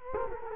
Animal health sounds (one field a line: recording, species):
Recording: mosquito wingbeat signal from an infrared sensor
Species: Culex quinquefasciatus